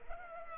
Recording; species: mosquito wingbeat signal from an infrared sensor; Culex pipiens